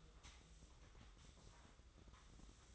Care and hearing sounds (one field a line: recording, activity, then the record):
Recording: daily activity, microphone in the room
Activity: sweep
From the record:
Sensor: 3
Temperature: 24.5 degrees Celsius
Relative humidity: 30.4%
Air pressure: 995.9 hPa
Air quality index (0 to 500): 94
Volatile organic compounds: 12 ppm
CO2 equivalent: 2355 ppm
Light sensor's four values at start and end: 28/84/35/31 and 29/86/36/31